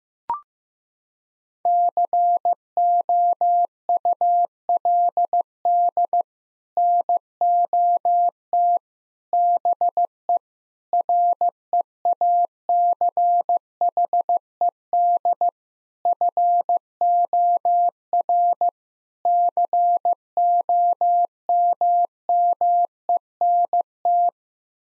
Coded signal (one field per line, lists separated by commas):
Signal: Morse code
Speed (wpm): 15 wpm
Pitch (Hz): 700 Hz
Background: none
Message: COULD NOT BE REACHED FOR COMMENT